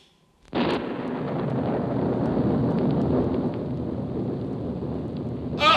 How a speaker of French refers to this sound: Mais qu'est-ce qui se passe? On dirait que le vent déracine l'espace, que le ciel fait naufrage et qu'il sombre sur nous.